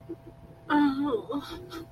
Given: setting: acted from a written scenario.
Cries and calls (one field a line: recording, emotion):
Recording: vocal sound without words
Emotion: shame